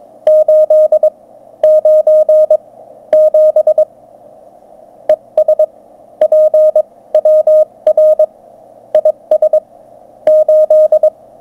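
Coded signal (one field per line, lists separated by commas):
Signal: Morse code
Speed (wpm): 22 wpm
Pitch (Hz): 620 Hz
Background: none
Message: 897 ES PWR IS 8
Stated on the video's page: 17m QSO from an ATS 4b running 3 watts output to an indoor dipole, 599 both ways.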